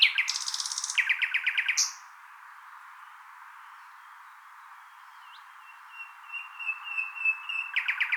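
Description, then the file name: Common nightingale song opening with rapid rattling notes and a buzzy phrase, then a thin sustained whistle, ending with renewed quick repeated notes. "Luscinia megarhynchos"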